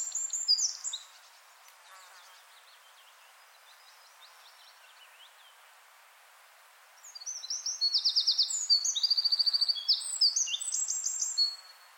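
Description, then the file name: Eurasian wren singing: a few faint high notes at the start, a long quiet gap, then a burst of rapid, ringing high trills and rattling phrases. "Troglodytes troglodytes"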